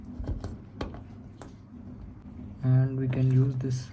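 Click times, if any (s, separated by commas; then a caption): none. A plastic cable-management clip on the rear panel of an LG Nano82 65-inch TV (65Nano826QB) is handled, with a few short, light ticks and taps in the first second and a half before someone talks. The clip is not yet home: nothing has seated or clicked.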